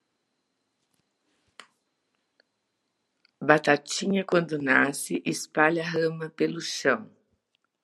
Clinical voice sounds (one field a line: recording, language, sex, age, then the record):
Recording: short text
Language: Brazilian Portuguese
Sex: female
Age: 60 to 69 years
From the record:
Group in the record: control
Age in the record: 64 years